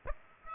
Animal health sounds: mosquito wingbeat signal from an infrared sensor; Aedes aegypti

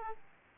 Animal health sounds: mosquito wingbeat signal from an infrared sensor; Aedes aegypti

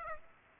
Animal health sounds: mosquito wingbeat signal from an infrared sensor; Aedes aegypti

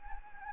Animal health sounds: mosquito wingbeat signal from an infrared sensor; Anopheles gambiae

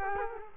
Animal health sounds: mosquito wingbeat signal from an infrared sensor; Culex quinquefasciatus

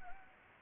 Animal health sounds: mosquito wingbeat signal from an infrared sensor; Anopheles gambiae

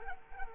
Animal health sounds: mosquito wingbeat signal from an infrared sensor; Culex quinquefasciatus

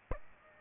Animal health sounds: mosquito wingbeat signal from an infrared sensor; Aedes albopictus

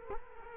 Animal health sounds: mosquito wingbeat signal from an infrared sensor; Culex quinquefasciatus

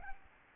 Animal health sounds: mosquito wingbeat signal from an infrared sensor; Aedes albopictus

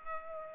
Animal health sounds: mosquito wingbeat signal from an infrared sensor; Culex pipiens

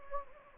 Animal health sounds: mosquito wingbeat signal from an infrared sensor; Anopheles gambiae

